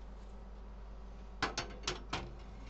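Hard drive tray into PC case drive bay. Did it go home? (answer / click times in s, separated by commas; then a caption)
yes / 1.4 s. A hard drive in its tray is slid up into its bay in a PC case and latches into place with a loud plastic clack at 1.4 s. Three more short clacks follow at about 1.6, 1.9 and 2.1 s over a steady low hum. The drive tray is seated in the bay.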